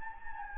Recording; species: mosquito wingbeat signal from an infrared sensor; Anopheles gambiae